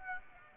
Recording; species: mosquito wingbeat signal from an infrared sensor; Aedes aegypti